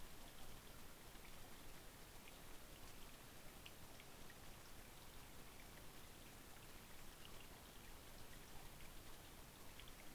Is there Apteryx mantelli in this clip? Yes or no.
no